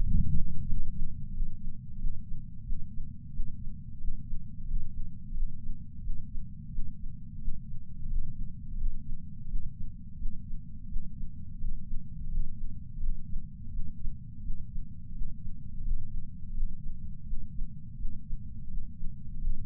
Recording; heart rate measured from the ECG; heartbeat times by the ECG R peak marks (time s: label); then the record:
heart sounds by patch sensor on the chest; 87 bpm
0.03 s: heartbeat
0.69 s: heartbeat
1.34 s: heartbeat
1.99 s: heartbeat
2.65 s: heartbeat
3.32 s: heartbeat
4.00 s: heartbeat
4.67 s: heartbeat
5.34 s: heartbeat
6.02 s: heartbeat
6.71 s: heartbeat
7.40 s: heartbeat
8.09 s: heartbeat
8.78 s: heartbeat
9.48 s: heartbeat
10.18 s: heartbeat
10.88 s: heartbeat
11.60 s: heartbeat
12.31 s: heartbeat
13.00 s: heartbeat
13.71 s: heartbeat
14.42 s: heartbeat
15.14 s: heartbeat
15.84 s: heartbeat
16.54 s: heartbeat
17.25 s: heartbeat
17.97 s: heartbeat
18.69 s: heartbeat
19.40 s: heartbeat
From the record:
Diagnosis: coronary artery disease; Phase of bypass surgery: preoperative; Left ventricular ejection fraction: 50.8%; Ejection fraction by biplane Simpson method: 50%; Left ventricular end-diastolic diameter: 50 mm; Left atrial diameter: 32 mm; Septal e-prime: 7.2 cm/s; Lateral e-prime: 9.1 cm/s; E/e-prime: 8.5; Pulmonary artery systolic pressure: 23 mmHg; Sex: male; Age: 65 years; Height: 170 cm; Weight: 65 kg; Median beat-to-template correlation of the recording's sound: 0.75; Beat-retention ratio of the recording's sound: 0.96